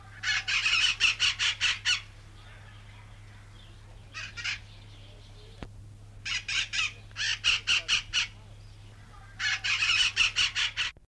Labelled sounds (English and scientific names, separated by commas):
Red-shouldered Macaw (Diopsittaca nobilis) call